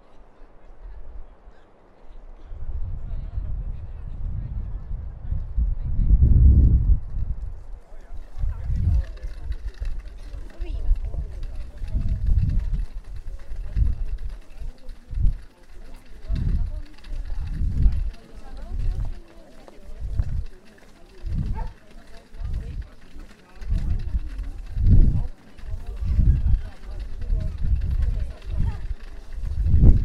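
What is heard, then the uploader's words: A walk through Prague, with footsteps thudding in a steady rhythm about once a second, heavy and low. Murmured voices of passersby sit underneath. Around eight seconds in, a brighter hiss of crowd and street noise rises and stays to the end. Prague walk from Castle to Charles bridge & both towers. This walk starts at Prague Castle ending at Charles bridge by visiting both towers found at each side of Charles bridge.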